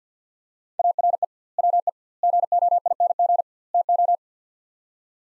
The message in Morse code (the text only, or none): ARE WE GOING TO